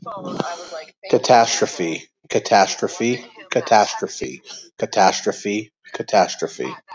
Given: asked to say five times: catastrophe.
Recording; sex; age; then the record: repeated word; male; 30 to 39 years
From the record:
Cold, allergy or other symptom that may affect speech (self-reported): no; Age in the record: 34 years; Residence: Colorado, United States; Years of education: 16